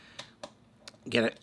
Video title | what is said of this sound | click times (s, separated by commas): Transformers Collaborative: Gigawatt | spin it around 180 degrees and get it clicked into place | 0.4 s